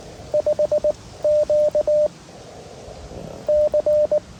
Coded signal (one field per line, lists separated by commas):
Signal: Morse code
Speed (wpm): 19 wpm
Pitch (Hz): 590 Hz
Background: radio noise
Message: 5 Q C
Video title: W3GTR Takes the One Pound POTA Challenge